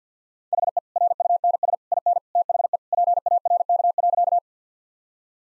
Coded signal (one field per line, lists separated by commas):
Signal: Morse code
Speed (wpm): 50 wpm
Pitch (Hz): 700 Hz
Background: none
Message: HE RUNS IN THE PARK.